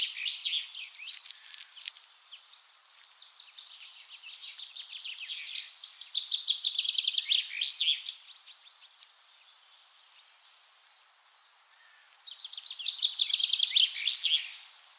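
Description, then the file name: Common chaffinch song: fast runs of notes, a faint burst at the start, then two louder stretches separated by a quiet pause, with faint clicks early on. "Fringilla coelebs"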